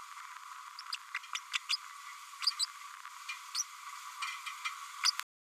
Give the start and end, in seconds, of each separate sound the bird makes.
1.14-1.18, 1.34-1.39, 1.53-1.57, 1.69-1.76, 2.46-2.51, 2.59-2.65, 3.55-3.63, 5.03-5.11